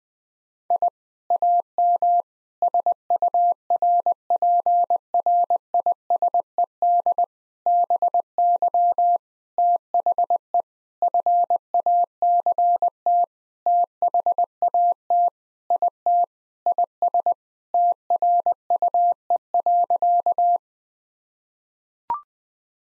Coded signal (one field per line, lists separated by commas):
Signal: Morse code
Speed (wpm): 21 wpm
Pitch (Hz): 700 Hz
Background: none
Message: I AM SURPRISED BY THE FACT THAT IT IS TRUE.